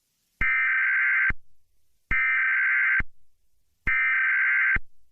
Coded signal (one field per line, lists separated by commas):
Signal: Emergency Alert System (SAME) tones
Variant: header bursts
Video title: EAS Scenario Playhouse Disney